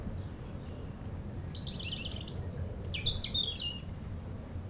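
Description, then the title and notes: European robin delivering two short high phrases of thin whistles and fluttering trills, the second starting with a piercing note, over constant low wind noise. Chindrieux, France; sunny sloping lawn by a beach, sheltered from the north wind; a robin singing not far away; wind rumbling in the trees. "Chindrieux, France - rouge gorge. Au soleil sur la pelouse en pente de la plage de Châtillon , à l'abri du vent du Nord , un rouge gorge chante non loin , rumeur du vent dans les arbres"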